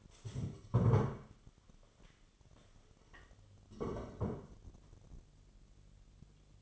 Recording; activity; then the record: daily activity, microphone in the room; stand up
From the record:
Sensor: 4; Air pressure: 1016.1 hPa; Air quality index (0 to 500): 185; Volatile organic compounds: 8 ppm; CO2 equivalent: 2108 ppm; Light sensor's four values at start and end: 9/20/8/7 and 9/20/8/7